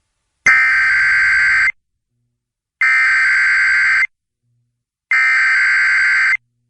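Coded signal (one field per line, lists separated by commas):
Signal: Emergency Alert System (SAME) tones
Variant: header bursts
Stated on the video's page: Two EAS tests aired on an FM broadcast station, recorded from an online stream with RealPlayer.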